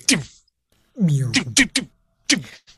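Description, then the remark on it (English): A short, buzzy video game sound effect like a meow, played when the player gets hit, made of triangle waves in a descending pattern, its pitch sliding downward, followed by a cluster of quick bright bursts and one last short chirp. “I think Justin just got hit on Rygar. I think I just heard that meow noise.”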